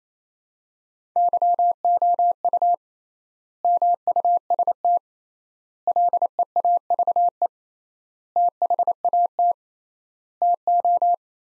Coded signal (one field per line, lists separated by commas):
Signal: Morse code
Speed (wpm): 27 wpm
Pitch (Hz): 700 Hz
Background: none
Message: YOU MUST LEAVE THAT TO